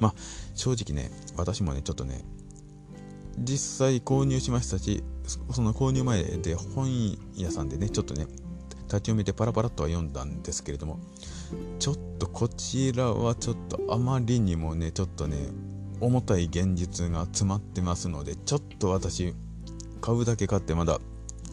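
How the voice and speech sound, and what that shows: A low-pitched adult man who has stuttering speaks Japanese in a steady, mostly fluent flow, heavily padded with a repeated filler word. A brief stretched, repeated 's' sound with short pauses breaks one phrase, fitting mild stuttering with filler use.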